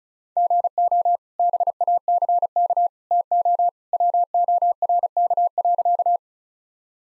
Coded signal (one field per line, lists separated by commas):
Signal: Morse code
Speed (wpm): 36 wpm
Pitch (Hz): 700 Hz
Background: none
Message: GO BACK TO WORK.